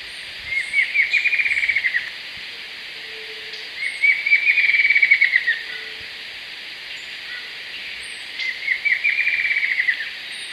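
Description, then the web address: Bird repeating short rattling trills about every four seconds, three bursts in all, with soft hiss and faint high chirps behind. "BIRD SABIOD bird"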